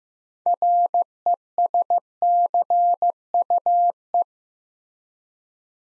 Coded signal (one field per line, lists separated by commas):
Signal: Morse code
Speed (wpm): 15 wpm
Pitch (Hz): 700 Hz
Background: none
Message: RESCUE